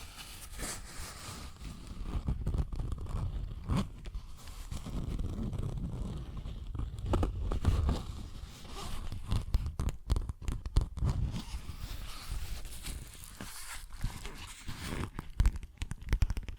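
ASMR tapping and scratching sounds. Fast, irregular taps and clicks crowd together over a low, rumbling scrape that swells and fades across the clip, with sharper bursts of clicking near the end.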